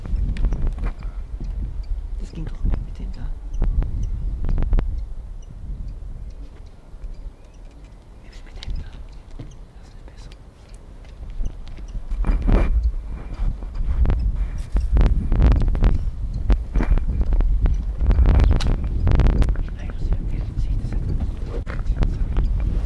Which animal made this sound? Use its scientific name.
Phylloscopus canariensis